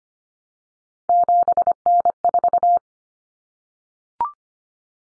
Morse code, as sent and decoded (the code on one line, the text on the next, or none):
--... -. ....-
7N4